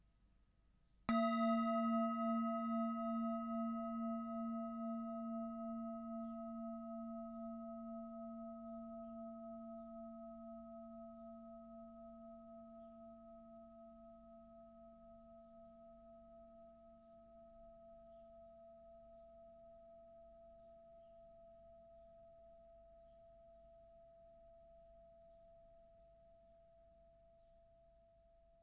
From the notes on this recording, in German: Klangschale Herchakra ausklingend